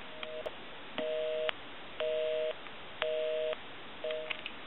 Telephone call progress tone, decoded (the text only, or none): busy tone